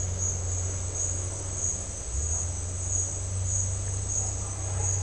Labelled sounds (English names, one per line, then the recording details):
none
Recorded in dense forest near Puerto Asís, Putumayo, Colombia, on 20 December 2024 at 12:00
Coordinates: 0.468, -76.322
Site G071